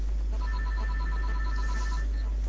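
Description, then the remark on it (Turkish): A telephone rings with a rapid, steady electronic trill, a high warbling tone repeating for about two seconds over a low background hum. “ben bir telefona bakayım inşallah.”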